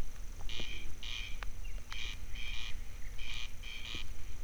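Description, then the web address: Corncrake call, dry rasping double notes in a steady crex-crex rhythm, over a low rumbling background. Wild corncrake in nature during light dripping rain, at Teresztenye, Hungary. "allathangok termeszetben haris madarak csepegoeso"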